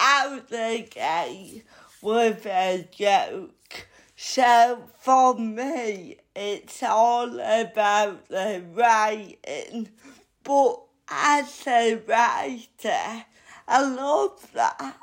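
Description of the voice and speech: Slow, effortful speech from an adult woman, with stretched vowels, frequent pauses and blurred consonants: dysarthria from cerebral palsy she has had all her life.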